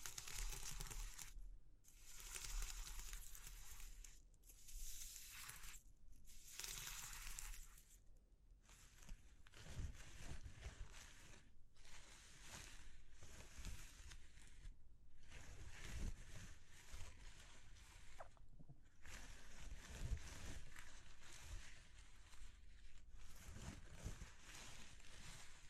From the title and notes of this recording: ASMR Exploring Textures (No Talking).